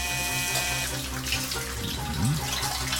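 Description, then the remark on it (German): Shower water runs as someone takes a quick shower, a steady, hissing rush for the whole stretch, with a brief gurgling swirl near the end and no voices. “Jetzt konnte ich endlich eine schnelle Dusche nehmen.”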